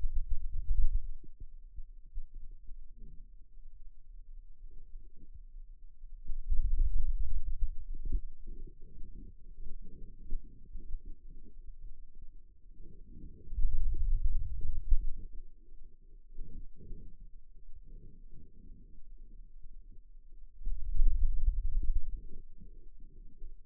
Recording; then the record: forearm muscle sounds (acoustic myography)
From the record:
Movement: hand opening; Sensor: system 2, bracelet of six BSWA MPA416 microphones around the upper forearm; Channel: 4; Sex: male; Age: 22 years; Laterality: right